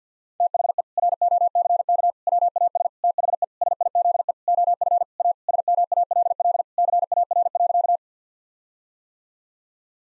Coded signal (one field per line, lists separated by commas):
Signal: Morse code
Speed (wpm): 50 wpm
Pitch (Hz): 700 Hz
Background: none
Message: THE ROCK WAS THE SIZE OF A SMALL CAR.